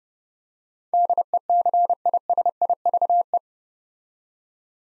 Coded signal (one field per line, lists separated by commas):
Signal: Morse code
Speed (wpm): 30 wpm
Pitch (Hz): 700 Hz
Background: none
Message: DECISIVE